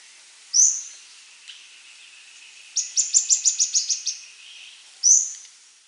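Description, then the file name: Bird calls: sharp high chirps with a rapid series of ticking notes in the middle, over a faint steady hiss. "SABIOD 50 bird 2015"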